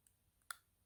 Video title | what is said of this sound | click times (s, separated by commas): Don’t pay thousands for your smile!🥳 💰 | hear that snap that's the snap yes yes yes yes yes | 0.5 s